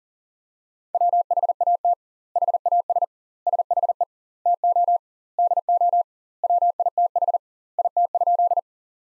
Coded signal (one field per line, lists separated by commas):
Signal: Morse code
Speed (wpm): 40 wpm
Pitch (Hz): 700 Hz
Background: none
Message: WHAT HAS SHE TO DO WITH IT?